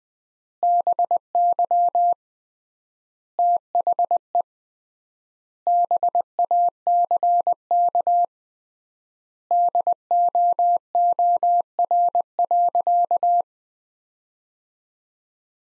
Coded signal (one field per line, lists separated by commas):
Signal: Morse code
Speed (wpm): 20 wpm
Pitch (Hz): 700 Hz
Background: none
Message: BY THE BACK DOOR.